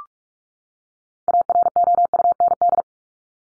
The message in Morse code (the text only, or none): AROUND